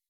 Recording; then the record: hydrophone in a shrimp aquaculture tank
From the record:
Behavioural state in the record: weakened